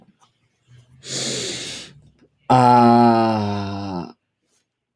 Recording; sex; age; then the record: vowel held as long as possible; male; 20 to 29 years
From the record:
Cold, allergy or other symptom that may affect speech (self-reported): no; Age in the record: 23 years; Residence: Texas, United States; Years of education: 14